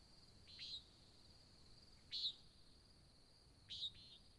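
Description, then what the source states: Nighthawk calls: three short, buzzy nasal notes spaced over about four seconds, above a steady high-pitched background whine. Recorded in 2017 at Sutton in July, at dawn; described as a nighthawk competition.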